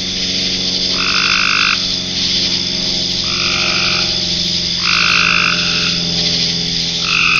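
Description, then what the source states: Frogs croaking in short buzzy trills under a second long, several bursts over a steady high insect drone. Frogs in ponds near a pond in a forest wildlife management area, with crickets and cicadas.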